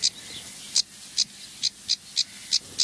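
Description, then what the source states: House Sparrow song of sharp, high chirps repeated at uneven gaps of a quarter to three-quarters of a second, eight in under three seconds, over faint background hiss. Had just flown across, singing in hedges by a reserve car park.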